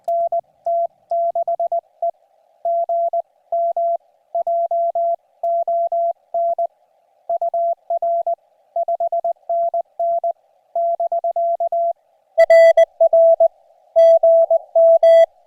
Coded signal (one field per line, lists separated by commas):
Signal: Morse code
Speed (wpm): 21 wpm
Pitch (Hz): 690 Hz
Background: none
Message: NT6E GM JON UR 5NN <BK> RR GM